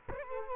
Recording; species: mosquito wingbeat signal from an infrared sensor; Culex quinquefasciatus